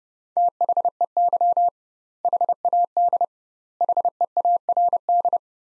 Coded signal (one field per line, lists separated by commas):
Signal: Morse code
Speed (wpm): 32 wpm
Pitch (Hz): 700 Hz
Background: none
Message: THEY HAD HEARD